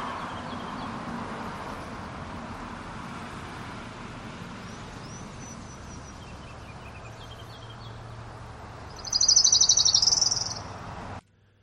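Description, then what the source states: Orange-crowned warbler song, a loud trill of repeated high notes, preceded by a few faint scattered notes, over a low steady hum. Local Sitka song; repeated note or slow trill, usually changing in pitch and speed at the end, likened to running fingers along a comb; favours salmonberry and alder thickets; arrives about late April.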